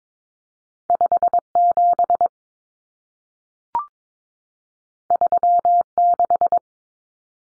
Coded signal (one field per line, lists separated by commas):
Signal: Morse code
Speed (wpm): 22 wpm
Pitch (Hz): 700 Hz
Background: none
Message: 57 36